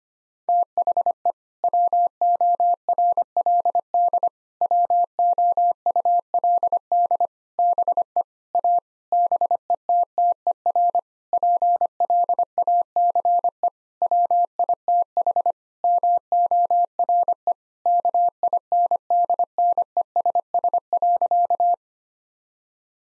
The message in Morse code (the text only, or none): THE WORLD WOULD BE A BETTER PLACE WITH MORE KINDNESS.